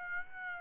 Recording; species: mosquito wingbeat signal from an infrared sensor; Aedes aegypti